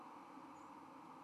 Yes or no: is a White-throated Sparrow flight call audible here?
no